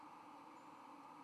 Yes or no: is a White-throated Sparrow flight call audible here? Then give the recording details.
no. No flight call is heard. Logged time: 03:34 on 31 October 2014